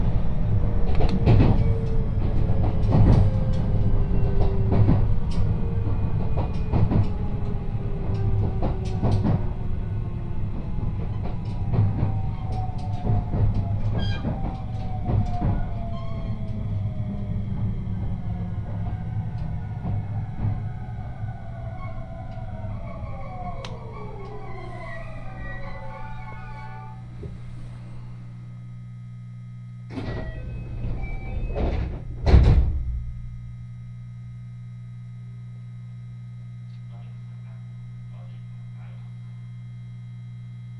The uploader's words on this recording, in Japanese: 山陽本線・赤穂線 姫路→播州赤穂。まだ5時台の電車ですが早起きして乗車します。播州赤穂行きの列車は223系の4両編成。さすがに空いています。